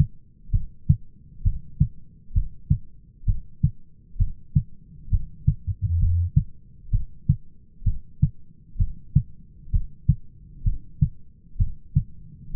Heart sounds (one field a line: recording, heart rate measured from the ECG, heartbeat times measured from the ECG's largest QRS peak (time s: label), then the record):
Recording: heart sounds by stethoscope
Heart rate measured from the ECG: 65 bpm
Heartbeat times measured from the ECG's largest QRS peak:
0.53 s: heartbeat
1.45 s: heartbeat
2.35 s: heartbeat
3.27 s: heartbeat
4.20 s: heartbeat
5.12 s: heartbeat
6.01 s: heartbeat
6.93 s: heartbeat
7.86 s: heartbeat
8.79 s: heartbeat
9.73 s: heartbeat
10.65 s: heartbeat
11.60 s: heartbeat
12.54 s: heartbeat
From the record:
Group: heart failure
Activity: rest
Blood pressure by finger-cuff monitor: 120/93 mmHg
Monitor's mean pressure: 104 mmHg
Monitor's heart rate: 65 bpm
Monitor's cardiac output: 5.5 L/min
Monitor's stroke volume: 84 mL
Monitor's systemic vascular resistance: 1400 dyn s/cm5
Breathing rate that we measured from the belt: 16 breaths a minute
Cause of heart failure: idiopathic cardiomyopathy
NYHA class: 1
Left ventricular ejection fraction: 50%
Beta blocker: bisoprolol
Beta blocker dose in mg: 5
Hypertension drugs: candesartan, spironolactone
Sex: male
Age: 54 years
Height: 180 cm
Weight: 94.6 kg